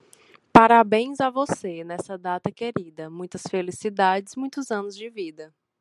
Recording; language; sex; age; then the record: short text; Brazilian Portuguese; female; 20 to 29 years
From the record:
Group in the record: control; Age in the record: 29 years